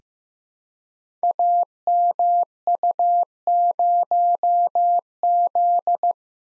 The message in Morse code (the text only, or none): AMU0Z